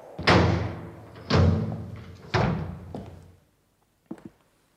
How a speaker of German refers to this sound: Ja, aber Kinder, erst wollen wir doch mal die Tür schließen.